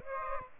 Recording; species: mosquito wingbeat signal from an infrared sensor; Aedes aegypti